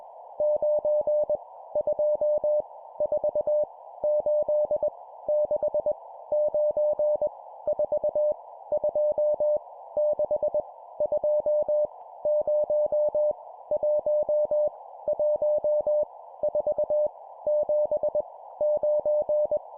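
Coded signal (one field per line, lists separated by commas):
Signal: Morse code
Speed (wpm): 20 wpm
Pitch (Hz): 600 Hz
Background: none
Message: 9 2 4 8 6 9 4 2 6 2 0 1 1 4 7 9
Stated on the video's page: Random-number Morse drill at 20 wpm for building CW copy speed.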